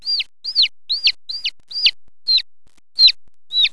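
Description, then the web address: Chicken chick peeping: several clear, high, downslurred peeps with silence between them. "MUNDO 15. Osmar. pintinho"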